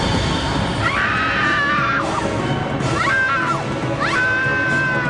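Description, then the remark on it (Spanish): A woman screams in horror three times, each cry a long, high, wavering shriek that rises and trembles before breaking off, over a constant rumbling background, on finding her friend dead in an apartment. “El grito que ella lanzó permitió que todos los departamentos contiguos se enteraran de lo que allí había sucedido.”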